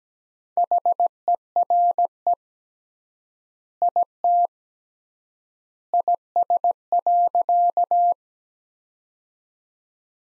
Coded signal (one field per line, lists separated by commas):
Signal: Morse code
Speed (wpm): 17 wpm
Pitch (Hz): 700 Hz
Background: none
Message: HERE IT IS.